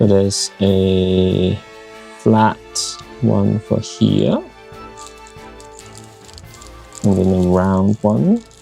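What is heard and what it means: Someone talks while handling a round plastic crystal-puzzle piece, with a corkscrew shape meant to lock it in place, as it is fitted into a crystal puzzle assembly. A few faint handling ticks sound between about 5.6 and 6.4 seconds. Nothing has seated or clicked yet.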